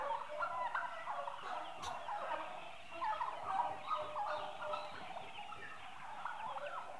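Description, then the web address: Turkeys calling together in a dense, continuous babble of overlapping gobbles and chatter. Turkeys, eight months old, livestock. "The BBC Sound Effects Library. Turkeys 8 Months Old"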